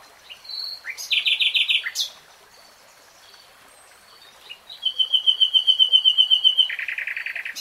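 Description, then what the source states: Nightingale singing two phrases, each a fast burst of repeated chirps, the second long and ending in harsher, buzzy notes, with a quiet pause between. Nightingale singing; 3-hour real-time recording.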